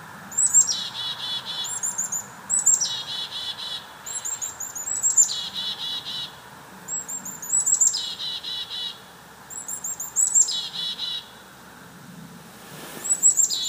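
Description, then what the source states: Chickadees mobbing with repeated bouts of high piping notes leading into rough, buzzy dee-dee-dee calls, roughly every two and a half seconds. Several chickadees mobbing.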